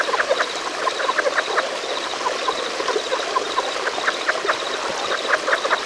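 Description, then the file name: Relict leopard frogs calling in a busy chorus of quick chuckling notes, joined by a high, evenly pulsed insect-like trill. "Rana onca"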